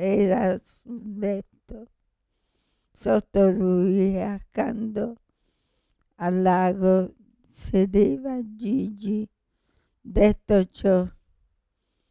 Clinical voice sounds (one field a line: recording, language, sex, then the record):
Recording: read passage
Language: Italian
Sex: female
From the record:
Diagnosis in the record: Parkinson's disease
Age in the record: 65 years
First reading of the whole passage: 242 s, 2.1 characters per second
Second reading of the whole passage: 180 s, 2.9 characters per second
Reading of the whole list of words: 168 s, 1.7 characters per second